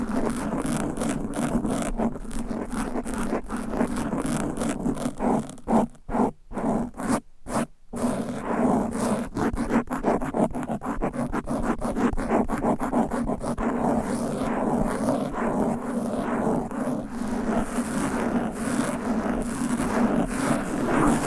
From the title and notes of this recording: ASMR Fast & Aggressive Mic Scratching with 10 DIFFERENT MICS Covers & Nails No Talking.